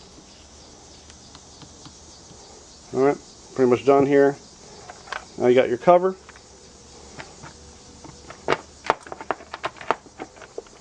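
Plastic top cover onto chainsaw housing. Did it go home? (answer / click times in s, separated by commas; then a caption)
yes / 9.3 s. Someone talks while the plastic top cover of an Echo CS 440 chainsaw is placed over the air filter and carburetor and pressed down onto the housing. A cluster of sharp plastic clicks and taps follows, with the cover snapping and locking in place at 9.3 s against a steady high-pitched hiss.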